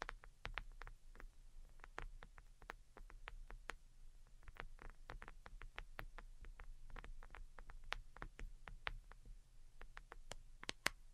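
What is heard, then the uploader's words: Delicate tapping in quick, irregular bursts of sharp light clicks, some clustered and some spaced, over a steady low hum throughout. ASMR DELICATE Tapping for Sleep (No Talking).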